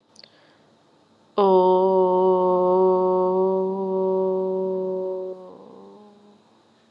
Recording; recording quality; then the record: sustained vowel as in boot; excellent, no background noise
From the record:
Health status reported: COVID-19 positive, mild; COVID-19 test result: positive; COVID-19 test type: RT-PCR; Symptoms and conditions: cough, cold, sore throat, fever, fatigue, muscle pain, loss of smell and taste, asthma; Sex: female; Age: 25 years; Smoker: no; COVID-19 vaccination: both doses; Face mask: not worn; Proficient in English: yes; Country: India